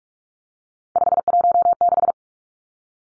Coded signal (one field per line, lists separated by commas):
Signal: Morse code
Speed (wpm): 44 wpm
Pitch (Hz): 700 Hz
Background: none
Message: 516